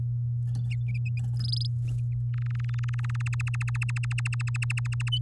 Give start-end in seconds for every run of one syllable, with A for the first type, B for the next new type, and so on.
1.39-1.67 A, 2.34-3.22 B, 3.26-5.09 C